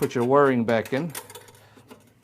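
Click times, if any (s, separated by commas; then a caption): none. Someone talks while reassembling a Gaggia espresso machine with an aluminum boiler, about to push an internal wiring connector back onto its terminal. After the talking, only faint, quiet handling ticks follow. Nothing has seated or clicked yet.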